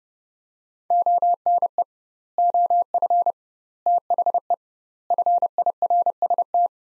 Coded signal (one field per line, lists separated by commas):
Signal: Morse code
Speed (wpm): 30 wpm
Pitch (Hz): 700 Hz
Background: none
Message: ONE OF THE FIRST